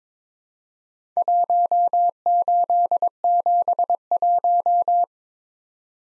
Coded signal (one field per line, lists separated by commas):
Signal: Morse code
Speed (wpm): 22 wpm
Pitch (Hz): 700 Hz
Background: none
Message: 1871